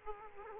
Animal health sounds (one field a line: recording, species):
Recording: mosquito wingbeat signal from an infrared sensor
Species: Aedes aegypti